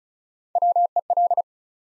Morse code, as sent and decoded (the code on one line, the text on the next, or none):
.-- . .-..
WEL